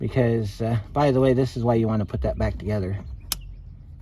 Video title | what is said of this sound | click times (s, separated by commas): How to check air suspension: 2007 Cadillac DTS Part 1 | so that you hear that click | 3.3 s